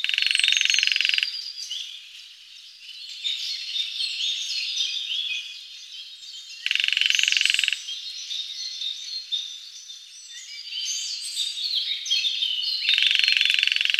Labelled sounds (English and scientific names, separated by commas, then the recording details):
Lesser Spotted Woodpecker (Dendrocopos minor) drumming
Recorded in the wild
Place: Waltershofen / Freiburg im Breisgau, Baden-Württemberg, DE
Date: 2004-04-30
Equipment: MiniDisc Sharp MT 20 H
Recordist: Schwarz, Dieter